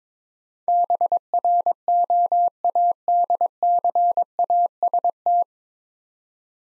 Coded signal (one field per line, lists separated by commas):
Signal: Morse code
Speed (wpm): 22 wpm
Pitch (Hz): 700 Hz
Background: none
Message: BROADCAST